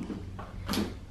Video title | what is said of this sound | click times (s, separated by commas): MY SASABIHIN SI DADDY INLAW DAMI GANAP❤️PINKSLOVERS | Itulak mo, Mang, hanggang mag-click. | 0.7 s